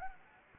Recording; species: mosquito wingbeat signal from an infrared sensor; Anopheles gambiae